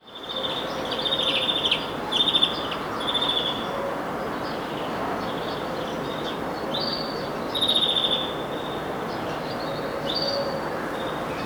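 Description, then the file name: European greenfinch calls: a series of level, buzzy wheezes and brief twitters, with short pauses between phrases and a constant low rushing noise. "Chloris chloris"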